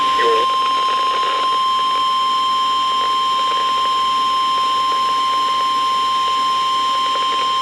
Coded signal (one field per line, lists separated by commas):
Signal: Emergency Alert System (SAME) tones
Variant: 1050 Hz attention tone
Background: speech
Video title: The Missing KXI79 Severe Weather Circus | EAS Alerts From 5/13/2023 (EAS #2,046-2,067)